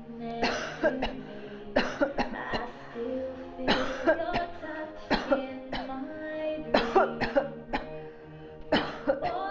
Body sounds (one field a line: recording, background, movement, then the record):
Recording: voluntary coughing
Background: music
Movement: sitting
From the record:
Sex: female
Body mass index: 22.6 kg/m2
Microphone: on the chest, facing outward